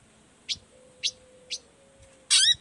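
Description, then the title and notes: Long-tailed shrike giving three short sharp notes about half a second apart, then a loud harsh rasping burst, over a faint steady hum. Singing persistently in the morning, with the 'toet toet' variation, used as a lure to make other shrikes of any type answer and open their beaks. "Cendet Gacor Dor Di Kala Pagi Toet Toet Variasi Suara. Cendet Gacor Efektif Pancingan Buat Cendet Jenis Apapun Agar Cepat Nyaut Buka Paruh. Burung cendet"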